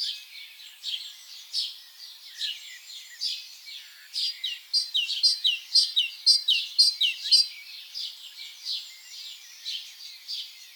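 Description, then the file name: Great tit song: soft high notes at first, then a loud, regular run of ringing repeated notes before fading away again. "Parus major"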